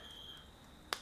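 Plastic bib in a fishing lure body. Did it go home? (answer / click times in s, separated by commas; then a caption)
released / 0.9 s. A detachable plastic bib on a fishing lure is worked side to side and bent around until it pops out of its slot in the lure body with a sharp snap at 0.9 s. Before the snap there is only a faint steady high tone and low background hiss. The bib is released from the lure.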